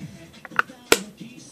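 A resin head cap is pressed onto the head of a Luts Model Delf ball-jointed doll; it must not go on upside down, or it will hold but won't lock into place. After a faint tick at 0.5 s, two sharp clicks come at 0.6 s and 0.9 s as the cap seats in place.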